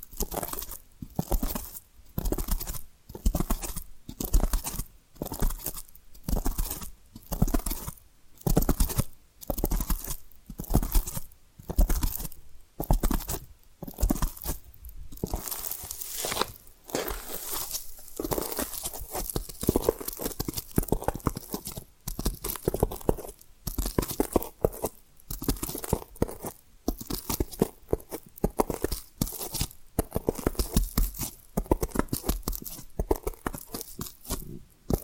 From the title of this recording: Hypnotic Tapping & Scratching Sounds